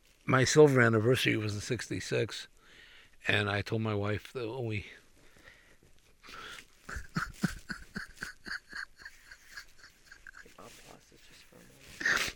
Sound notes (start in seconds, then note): 4.8 quietly; 6.9 tears